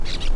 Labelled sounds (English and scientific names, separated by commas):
Brown-throated Parakeet (Eupsittula pertinax) contact call